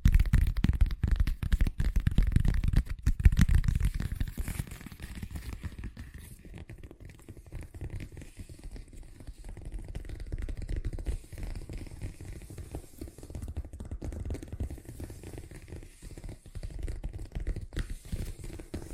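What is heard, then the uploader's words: Fast tapping runs through the whole stretch as a dense, rapid patter of small dull hits with a low, thumpy body. It is loudest and busiest in the first three seconds, then settles to a softer, steady flurry that swells slightly again near the end. ASMR Braingasm Inducing Fast Tapping (No Talking).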